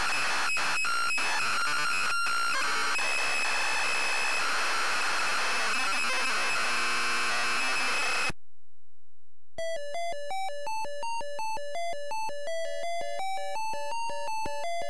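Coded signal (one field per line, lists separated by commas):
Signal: ZX Spectrum tape loading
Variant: ZX Spectrum +3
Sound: harsh buzzing data screech broken by short steady tones, then a pause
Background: beeper game music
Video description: ZX Spectrum load up and quick game play of Heavy on the Magick loaded up using a zx spectrum +3 with a wh smith cpd8300 cassette player.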